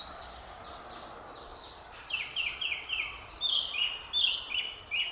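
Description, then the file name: Japanese thrush song: soft high notes, then a burst of bright, repeated downslurred whistles with twittering flourishes over light background noise. Recorded on 23 April 2021. "20210423 クロツグミ"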